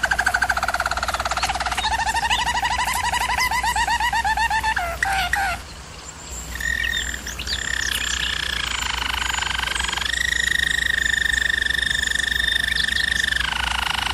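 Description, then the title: German Roller canary song: rapid rattling rolls, a short pause, then smooth sustained gliding tours at changing pitches, continuous and melodic, over steady low hum. German Roller canary singing, used for canary training. "German Roller Canary Singing - Canary Training Vid"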